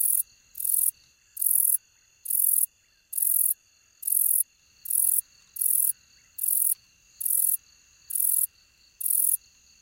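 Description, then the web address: Robust shieldback katydid song: loud, dry, high-pitched buzzy bursts about half a second long, repeated roughly every second, over faint steady high insect tones. "The Songs of Insects. Robust Shieldback Katydid"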